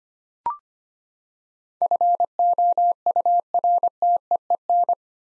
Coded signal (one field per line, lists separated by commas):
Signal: Morse code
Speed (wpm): 25 wpm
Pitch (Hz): 700 Hz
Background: none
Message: FOURTEEN